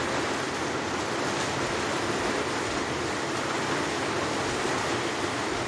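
An impeller is being refitted by hand into the heating pump housing of a Bosch/Siemens dishwasher during reassembly. Only steady, even broadband noise is heard throughout, with no distinct sudden sounds. Nothing has seated or clicked yet.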